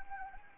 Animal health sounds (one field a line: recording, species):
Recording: mosquito wingbeat signal from an infrared sensor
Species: Anopheles arabiensis